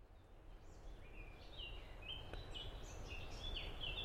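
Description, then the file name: Common blackbird song: a run of short whistled and slurred notes following one another almost continuously, over steady low background rumble. "merle"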